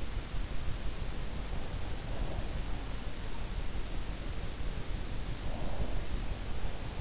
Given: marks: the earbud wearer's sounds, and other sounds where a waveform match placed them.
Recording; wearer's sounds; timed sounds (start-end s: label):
sounds in sleep by an in-ear microphone; breath
1.90-2.54 s: breath
5.45-6.29 s: breath